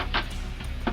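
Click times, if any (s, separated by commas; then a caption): 0.9 s. A plastic push-in retaining clip is pressed through the holes in the chin splitter and front bumper of a 2010–2013 Camaro SS during installation of a V2 style unpainted chin spoiler. A low background hum and a faint earlier tap are heard before a sharp pop at 0.9 s. The clip seats fully inside.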